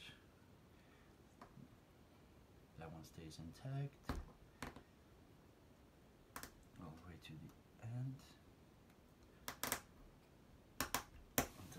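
Plywood part 406 of a Ugears Dream Cabriolet VM-05 wooden car model kit is pushed all the way along onto the model base while someone talks. Several sharp snapping hits follow, and the part snaps onto the base and seats at 11.4 s.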